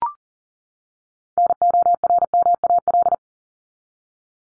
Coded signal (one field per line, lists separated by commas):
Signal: Morse code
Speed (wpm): 40 wpm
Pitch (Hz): 700 Hz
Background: none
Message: NORMAL